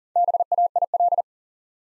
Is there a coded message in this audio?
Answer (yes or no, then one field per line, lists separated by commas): yes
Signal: Morse code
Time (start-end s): 0.2-1.2 s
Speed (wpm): 42 wpm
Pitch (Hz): 700 Hz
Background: none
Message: BAIL